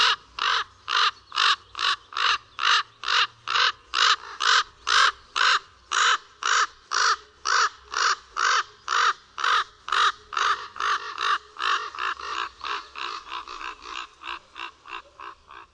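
Common raven calling in a long, rapid run of rough, grating notes, about two per second, growing softer toward the end.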